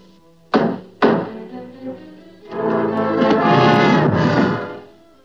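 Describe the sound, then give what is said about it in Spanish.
Two heavy, resonant knocks land about half a second apart on a door, made by a uniformed messenger bringing a telegram in a Looney Tunes cartoon, each ringing out briefly, followed by a longer, rough, rumbling noise that swells and then fades away. “Watson, en un momento vendrán a tocar la puerta trayéndonos información para descubrir el misterio del destripador Manso.”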